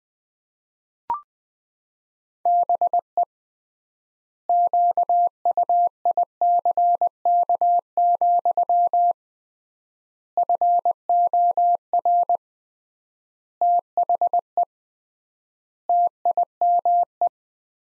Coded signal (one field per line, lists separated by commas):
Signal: Morse code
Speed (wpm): 20 wpm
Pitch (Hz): 700 Hz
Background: none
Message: BE QUICK, FOR THE TIME